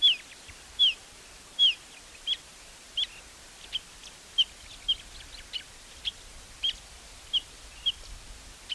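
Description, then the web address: Lark calls: short, high, clipped chirps repeated roughly every half second to second, fairly steady in pitch, over a quiet hiss. "animal song-lark-call"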